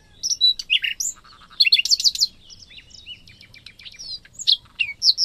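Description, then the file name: Common nightingale song: quick varied phrases mixing sharp chips, short trills and slurred whistles, delivered in rapid succession with brief gaps. "Luscinia megarhynchos"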